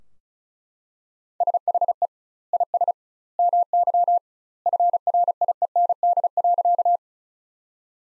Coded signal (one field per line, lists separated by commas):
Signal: Morse code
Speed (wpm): 36 wpm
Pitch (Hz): 700 Hz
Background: none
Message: SHE IS MY FRIEND.